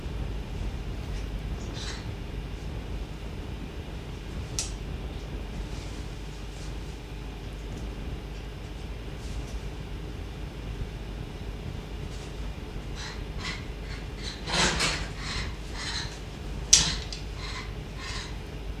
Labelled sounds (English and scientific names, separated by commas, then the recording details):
Rhesus Monkey (Macaca mulatta)
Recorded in captivity
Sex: female
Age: adult
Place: Zoologisches Institut der HUB, Berlin, DE
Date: 1957-03-27 11:00
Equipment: Elmetra
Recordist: Tembrock, Günter